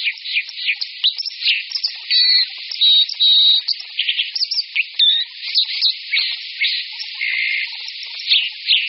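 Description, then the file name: White-throated dipper song: high twittering and rattling phrases broken by steady whistled tones and a buzzy stretch near the end, all in quick succession. "Skorec-vodní"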